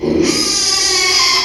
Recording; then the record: squeal of a Yucatan mini pig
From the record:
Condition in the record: after surgery on the right vocal fold (resection and tissue-engineered implant); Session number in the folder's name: 2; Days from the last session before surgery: 13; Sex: male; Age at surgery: 12 weeks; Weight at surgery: 13 kg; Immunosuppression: cyclosporine, prednisolone